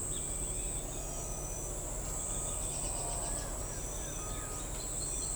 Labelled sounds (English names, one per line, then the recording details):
Carib Grackle
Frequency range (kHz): Carib Grackle 3.9-4.8 kHz
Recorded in forest near Pivijay, Magdalena, Colombia, on 2 June 2023 at 06:30
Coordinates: 10.467, -74.380
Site Z5-G034